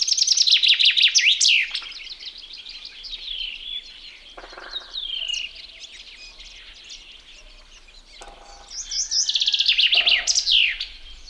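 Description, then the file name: Common chaffinch song: a bright, fast trill tumbling downward and ending in a sharp flourish, heard twice, with softer bird song between the phrases. "metsvint"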